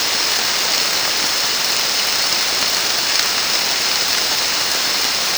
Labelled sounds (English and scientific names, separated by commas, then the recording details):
none
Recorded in dense forest near Puerto Asís, Putumayo, Colombia, on 25 June 2025 at 14:00
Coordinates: 0.499, -76.324
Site G100